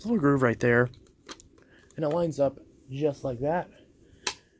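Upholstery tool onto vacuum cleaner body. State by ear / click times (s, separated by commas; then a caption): partly seated / 4.3 s. Someone talks while lining up an upholstery tool on its groove and clipping it back onto the body of a Hoover PowerDrive Swivel XL (UH75110) vacuum cleaner. A sharp click sounds at 4.3 s. Despite the click, the tool is only partly seated, with a gap left that needs another push to snap fully in.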